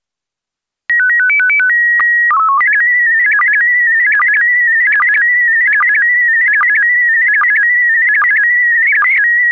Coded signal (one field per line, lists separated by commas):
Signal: SSTV (slow-scan television)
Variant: PD 160